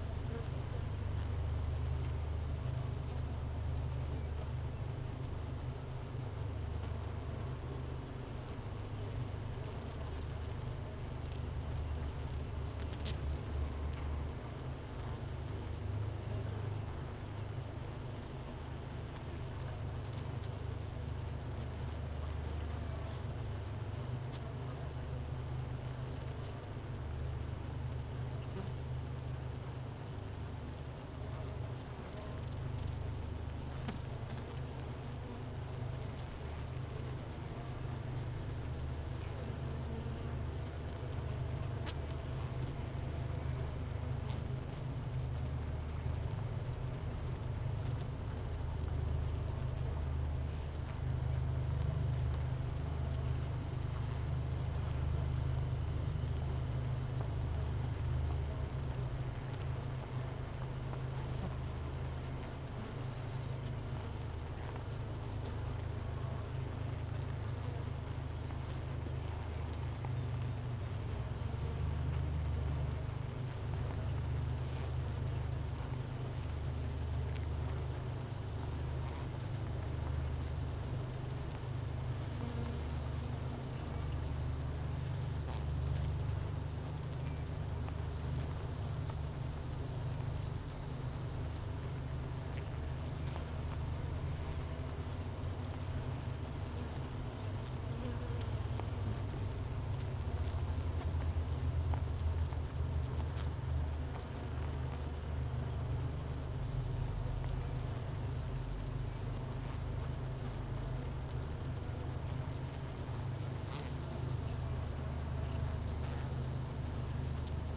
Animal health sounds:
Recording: honeybee colony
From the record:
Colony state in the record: missing queen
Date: 31 May 2018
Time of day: 10:06

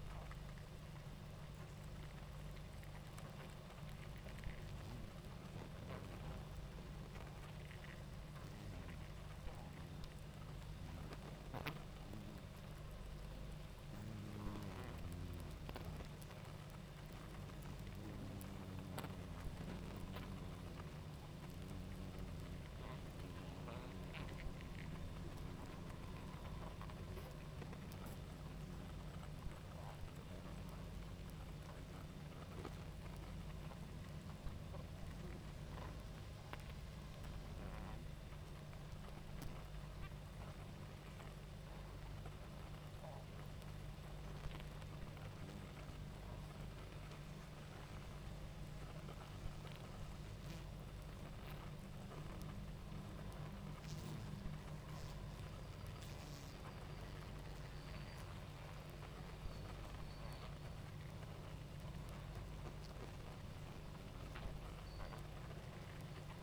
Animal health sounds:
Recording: honeybee colony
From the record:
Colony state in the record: active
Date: 28 July 2017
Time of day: 19:11

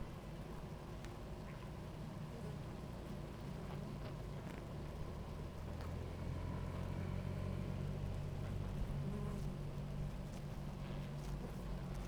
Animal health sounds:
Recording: honeybee colony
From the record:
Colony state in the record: active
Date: 28 July 2017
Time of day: 17:23

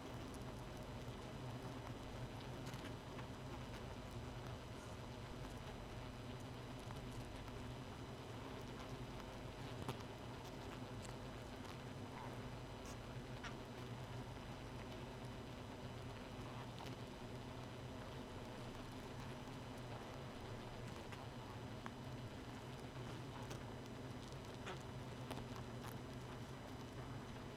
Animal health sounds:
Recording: honeybee colony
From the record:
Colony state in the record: missing queen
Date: 31 May 2018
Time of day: 1:22

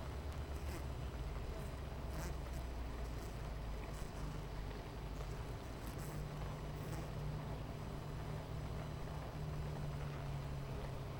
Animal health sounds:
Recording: honeybee colony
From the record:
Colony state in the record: missing queen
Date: 14 July 2017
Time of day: 9:52

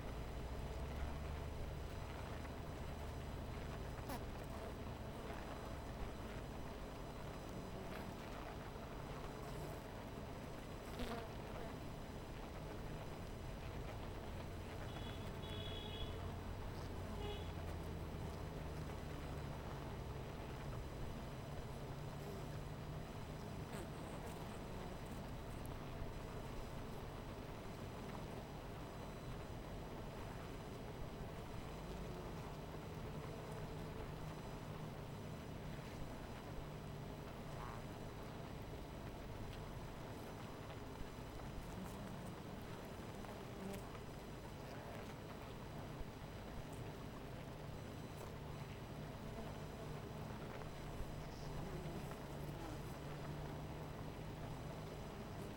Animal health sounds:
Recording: honeybee colony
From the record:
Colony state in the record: missing queen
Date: 14 July 2017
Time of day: 12:31

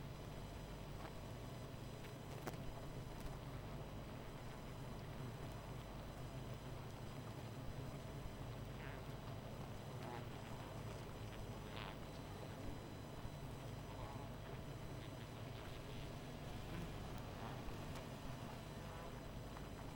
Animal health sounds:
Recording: honeybee colony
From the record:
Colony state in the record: missing queen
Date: 14 July 2017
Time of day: 21:36

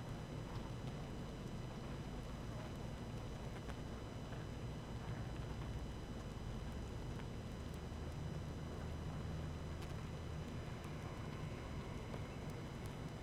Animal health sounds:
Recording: honeybee colony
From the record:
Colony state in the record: active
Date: 12 June 2018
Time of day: 18:22

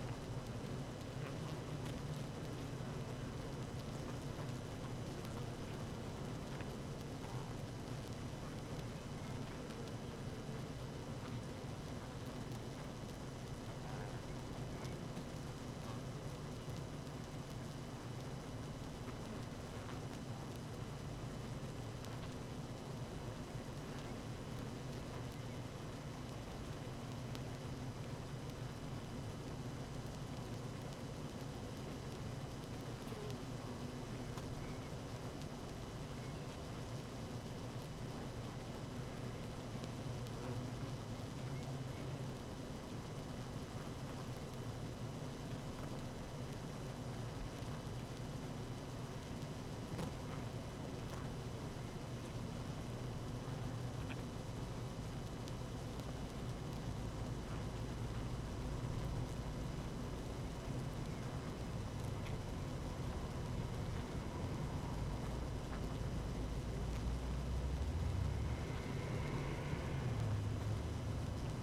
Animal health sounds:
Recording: honeybee colony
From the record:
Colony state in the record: active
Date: 12 June 2018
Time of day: 17:34

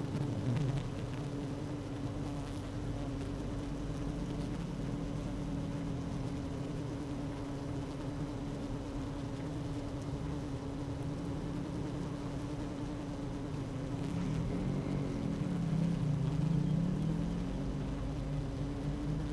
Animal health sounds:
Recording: honeybee colony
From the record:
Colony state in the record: active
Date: 12 June 2018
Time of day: 16:08

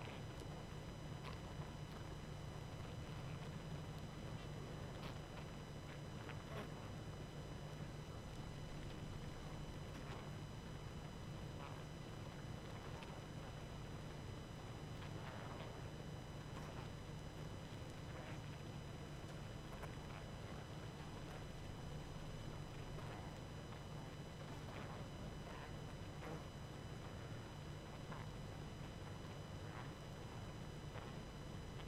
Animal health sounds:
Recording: honeybee colony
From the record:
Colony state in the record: active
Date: 12 June 2018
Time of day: 21:35

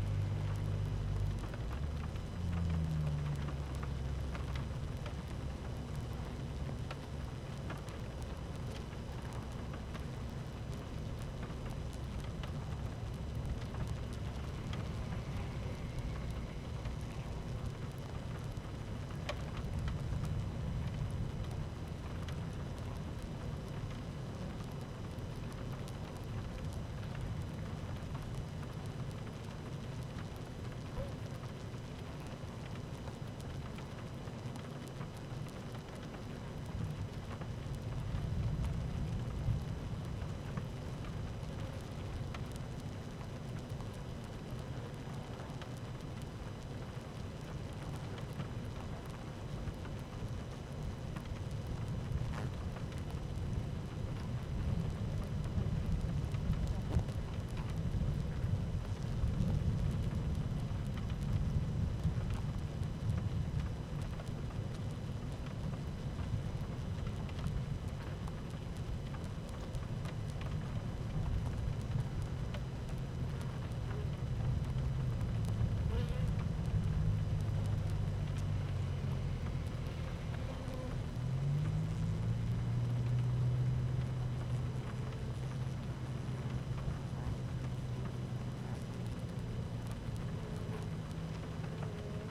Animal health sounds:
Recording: honeybee colony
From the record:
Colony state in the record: active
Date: 12 June 2018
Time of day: 13:14

